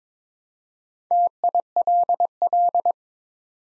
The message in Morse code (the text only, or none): TILL